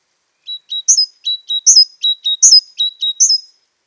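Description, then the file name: Great tit giving a rhythmic run of calls, four bright falling whistles each preceded by a pair of lower clipped notes, steady and clean with a silent background. "Parus major"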